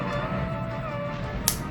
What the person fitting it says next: there you go snaps into place